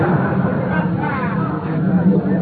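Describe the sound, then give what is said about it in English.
A crowd of gold-rush prospectors chattering at once, a steady, dense babble of overlapping voices with no single speaker standing out, holding an even loudness throughout. “Look at that crowd of prospectors.”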